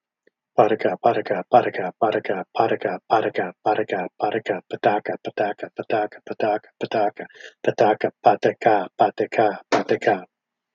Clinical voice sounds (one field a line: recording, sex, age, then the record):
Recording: repeated syllables /pa ta ka/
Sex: male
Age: 50 to 59 years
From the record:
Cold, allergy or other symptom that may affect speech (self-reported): no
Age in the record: 57 years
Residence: Minnesota, United States